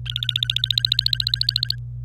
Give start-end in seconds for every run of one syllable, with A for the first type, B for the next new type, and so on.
0.06-1.75 A